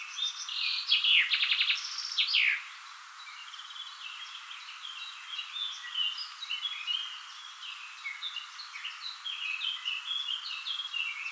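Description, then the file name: Common chaffinch song: a loud run of notes ending in a quick flourish, followed by softer twittering in the background. "Fringilla coelebs"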